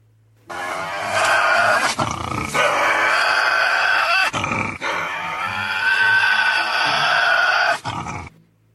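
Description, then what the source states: Tasmanian devil call: a loud, harsh, rasping screech held for several seconds, broken by a few brief pauses, then ending abruptly. Male; the species is described as making really unique noises.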